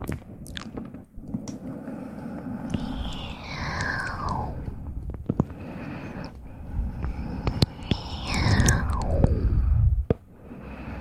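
Whispered ASMR rambling with mouth clicks and mic scratching over a constant low, rough rustle. Sharp clicks pop up every second or so, and two long falling swooshes sweep down around three and eight seconds. The sound briefly cuts out near one and ten seconds.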